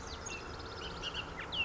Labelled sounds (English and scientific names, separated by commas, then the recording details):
Bullock's Oriole (Icterus bullockii)
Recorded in Sonoma County, California